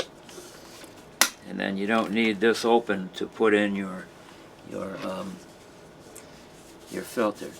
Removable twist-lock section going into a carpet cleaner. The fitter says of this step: there and it's just a little turn clockwise and you can hear it snap